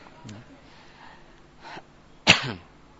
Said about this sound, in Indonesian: yang bersin ini muncul dari gerakan gisha al-mukhati lil anf, gerakan selaput lendir yang ada di hidung. Karena selaput lendir tersebut bergerak yang ada di hidung, nah sehingga muncullah yang namanya utos, bersin.